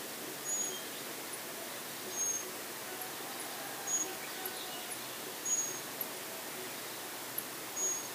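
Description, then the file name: Common blackbird giving thin, high, drawn-out seee calls, each flat in pitch and repeated roughly every one and a half to two seconds, over a steady soft background hiss. "Turdus merula"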